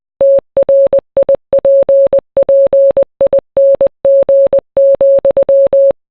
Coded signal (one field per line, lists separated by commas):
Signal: Morse code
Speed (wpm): 20 wpm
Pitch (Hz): 550 Hz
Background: none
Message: TRIPPING,